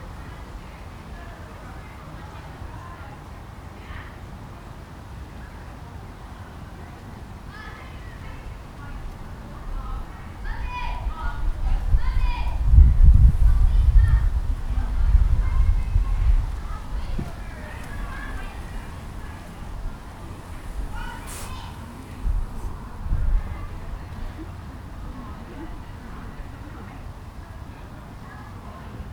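Families fill a park, with scattered voices and children's calls drifting from various distances over a steady low rumble. Around the middle the rumble swells for several seconds, then eases, and a few brief sharp clicks and squeaks pop up near the end.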